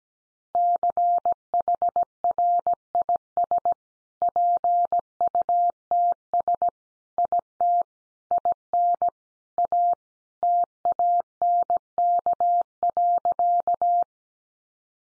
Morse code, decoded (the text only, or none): CHRIS PUTS IT IN A TANK.